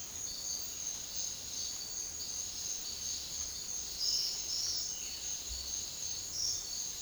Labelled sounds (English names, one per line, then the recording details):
none
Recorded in dense forest near Puerto Asís, Putumayo, Colombia, on 18 February 2024 at 08:30
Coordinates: 0.500, -76.322
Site G6465